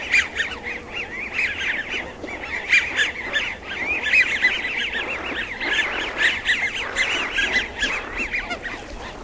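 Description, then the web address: American wigeon flock giving dense, overlapping whistled calls, rising and falling notes repeated rapidly throughout with no pause. "Songs of Birds of North America Stokes. American Wigeon"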